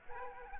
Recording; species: mosquito wingbeat signal from an infrared sensor; Aedes aegypti